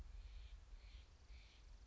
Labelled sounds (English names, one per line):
Steller's Jay